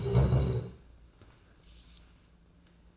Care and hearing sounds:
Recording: daily activity, microphone in the room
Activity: stand up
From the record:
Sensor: 2

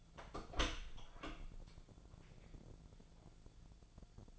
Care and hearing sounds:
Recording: daily activity, microphone in the room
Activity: open door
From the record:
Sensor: 5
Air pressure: 1000.4 hPa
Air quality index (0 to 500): 154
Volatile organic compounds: 2 ppm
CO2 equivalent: 1185 ppm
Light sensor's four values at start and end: 48/112/47/50 and 48/112/47/50

